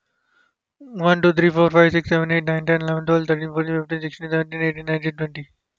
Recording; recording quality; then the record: counting at a fast pace; excellent, no background noise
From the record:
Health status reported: healthy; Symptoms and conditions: none ticked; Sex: male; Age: 25 years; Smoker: not ticked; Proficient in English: yes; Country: India